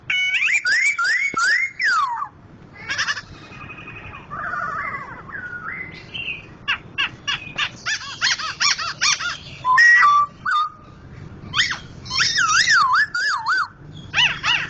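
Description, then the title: Laughingthrush singing loudly: looping whistled phrases mixed with harsh rapid bursts and sliding notes, delivered in quick irregular sequences throughout. Bird named Gathutkaca; loud song of a national champion contest bird, billed as Sumatran crested form (Poksay Jambul Sumatra), singing vigorously (gacor). "Poksay Jambul Sumatra Suara Keras Juara Nasional. Poksay Hongkong gacor mantab (Gathutkaca)"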